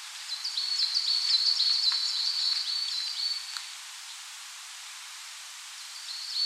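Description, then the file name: Coal tit song: high, thin phrases of quick repeated two-note motifs lasting about three seconds, then a short pause before another brief burst begins. "Parus ater"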